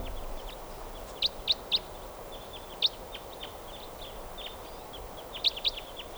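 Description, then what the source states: Crossbill calls: sharp, clipped downward chips given singly and in small bursts of two or three, with fainter chips between them, over a steady hiss. Call type 4 crossbill flying from tree to tree, then going down; around 1:46 p.m., near a net set up in a gully.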